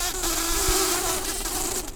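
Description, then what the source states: Common carder bee buzzing in a steady low drone with a faint humming overtone throughout. Queens.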